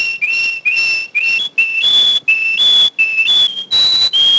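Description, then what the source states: Domestic canary singing pure, steady whistled notes, each held a fraction of a second, stepping between lower and higher pitches with short gaps. Bunting-type song (ovsyanochny napev).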